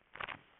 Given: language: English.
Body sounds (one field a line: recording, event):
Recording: throat vibration sensor signal played as sound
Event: swallow